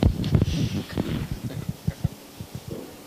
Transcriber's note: laughs